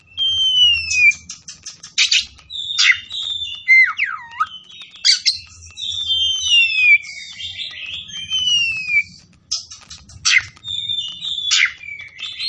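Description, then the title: Oriental magpie-robin song of long clear descending whistles mixed with buzzy bursts and chips, one note dipping and rising in a wavy slur, over a soft low rumble. Tretes; singing vigorously (gacor). "Kacer Tretes"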